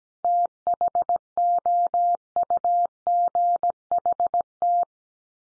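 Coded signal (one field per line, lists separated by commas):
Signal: Morse code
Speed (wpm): 17 wpm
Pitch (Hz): 700 Hz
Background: none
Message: THOUGHT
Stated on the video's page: Morse word drill of the 500 most common English words at 17 wpm, each word sent three times, then once more.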